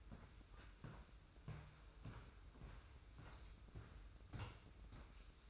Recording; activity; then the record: daily activity, microphone in the room; walk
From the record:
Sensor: 2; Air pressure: 990.6 hPa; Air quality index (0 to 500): 179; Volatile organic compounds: 1000 ppm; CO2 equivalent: 5694 ppm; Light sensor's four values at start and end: 28/67/27/28 and 28/66/27/27